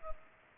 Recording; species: mosquito wingbeat signal from an infrared sensor; Culex pipiens